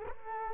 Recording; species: mosquito wingbeat signal from an infrared sensor; Culex quinquefasciatus